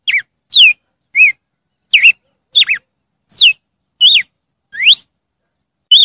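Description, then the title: Red-cowled cardinal song: loud, clear whistled notes, some sharply falling, others rising or curled, delivered singly several times with brief silences between. "Galo de Campina"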